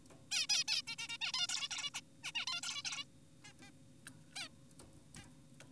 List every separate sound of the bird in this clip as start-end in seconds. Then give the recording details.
0.31-0.47, 0.50-0.64, 0.68-0.82, 0.87-0.96, 0.98-1.08, 1.09-1.18, 1.21-1.32, 1.34-1.47, 1.49-1.69, 1.71-1.90, 1.95-2.00, 2.24-2.32, 2.35-2.46, 2.47-2.61, 2.63-2.83, 2.85-3.04, 3.44-3.53, 3.62-3.71, 4.36-4.49, 5.16-5.28. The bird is an adult. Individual g4p5U